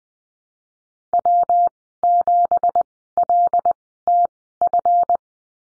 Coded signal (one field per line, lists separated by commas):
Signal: Morse code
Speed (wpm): 20 wpm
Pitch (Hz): 700 Hz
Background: none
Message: W7LTF